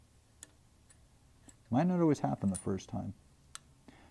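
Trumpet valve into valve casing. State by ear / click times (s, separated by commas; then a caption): seated / 3.5 s. A trumpet valve, first turned to a wrong position, is twisted in its valve casing until its guide snaps into place. Faint ticks come early, someone talks, and a sharp, clear snap at 3.6 s marks the valve seated in the right position.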